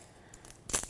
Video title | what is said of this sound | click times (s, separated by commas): Gallery Wall + Herb Tower + Message Mugs | and they click you can hear kind of a clicking noise | 0.3 s, 0.5 s, 0.8 s